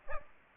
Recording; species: mosquito wingbeat signal from an infrared sensor; Aedes aegypti